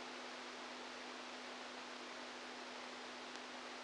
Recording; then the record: brain microelectrode recording played as sound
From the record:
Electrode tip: outside the subthalamic nucleus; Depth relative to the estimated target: -8 mm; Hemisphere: right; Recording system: NeuroSet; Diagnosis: Parkinson's disease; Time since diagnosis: 10 years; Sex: male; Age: 65 years